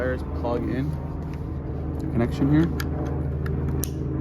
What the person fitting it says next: So you hear it snap.